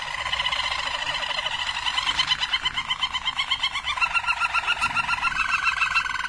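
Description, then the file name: Harz Roller canary pouring out an unbroken, fast, liquid rolling trill that shifts pitch slightly partway through. Harz Roller canary, described as a Belgian canary; its song. "canto do canario belga harz roller"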